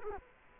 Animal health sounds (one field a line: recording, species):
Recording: mosquito wingbeat signal from an infrared sensor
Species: Culex quinquefasciatus